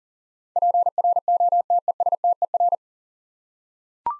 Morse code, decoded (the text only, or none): PROTESTER